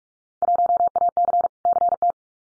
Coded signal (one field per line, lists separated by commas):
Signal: Morse code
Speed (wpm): 44 wpm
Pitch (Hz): 700 Hz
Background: none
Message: 1AC CT